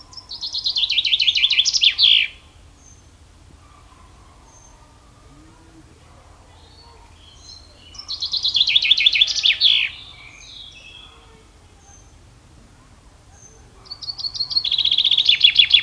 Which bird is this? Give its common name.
Common Chaffinch